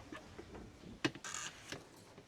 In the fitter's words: Et on entend le clic.